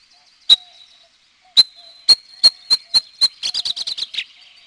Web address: Peterson North American Birds